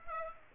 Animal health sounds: mosquito wingbeat signal from an infrared sensor; Aedes aegypti

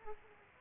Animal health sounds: mosquito wingbeat signal from an infrared sensor; Aedes aegypti

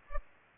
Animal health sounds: mosquito wingbeat signal from an infrared sensor; Culex pipiens

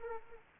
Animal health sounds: mosquito wingbeat signal from an infrared sensor; Anopheles arabiensis

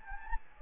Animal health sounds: mosquito wingbeat signal from an infrared sensor; Anopheles gambiae

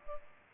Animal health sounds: mosquito wingbeat signal from an infrared sensor; Culex pipiens

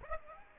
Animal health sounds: mosquito wingbeat signal from an infrared sensor; Aedes aegypti

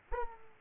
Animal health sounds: mosquito wingbeat signal from an infrared sensor; Aedes aegypti

